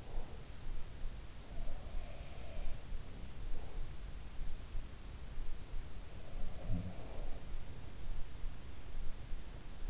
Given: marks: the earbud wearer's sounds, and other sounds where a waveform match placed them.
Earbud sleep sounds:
sounds in sleep by an in-ear microphone; breath
0.00-0.60 s: breath
1.40-4.00 s: sound from someone else or the room
6.01-8.24 s: sound from someone else or the room

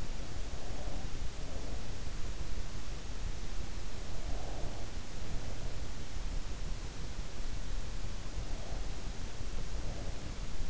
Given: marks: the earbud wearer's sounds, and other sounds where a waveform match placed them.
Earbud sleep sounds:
sounds in sleep by an in-ear microphone; breath
0.00-2.05 s: breath
3.92-6.29 s: breath
8.34-10.70 s: breath

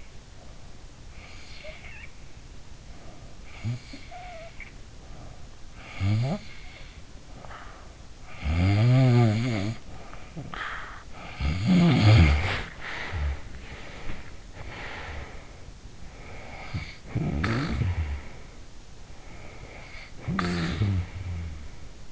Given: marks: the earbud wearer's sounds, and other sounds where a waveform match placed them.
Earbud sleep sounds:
sounds in sleep by an in-ear microphone; snoring breath, breath
0.39-2.37 s: snoring breath
3.00-5.51 s: snoring breath
5.83-8.00 s: snoring breath
8.14-13.54 s: snoring breath
13.69-15.82 s: breath
16.37-19.32 s: snoring breath
19.43-22.12 s: snoring breath

